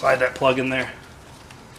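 A wiring plug is being pushed onto a replacement electronic load detector sensor in the under-hood fuse box of a 2002 Honda Civic Si EP3. Someone talks during the first second, and a faint handling tick comes near 1.5 s. Nothing has seated or clicked yet.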